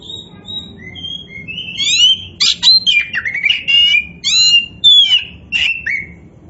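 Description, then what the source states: Oriental magpie-robin delivering a continuous flowing song of sweet rising and falling whistles mixed with sharp clicks and buzzy notes. Indonesian name kacer poci; described as gacor, singing actively.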